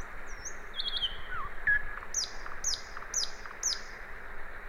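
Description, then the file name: Common nightingale song: a quick trill and falling whistle, then four loud high notes repeated about every half second, with a low hum beneath. "Luscinia megarhynchos"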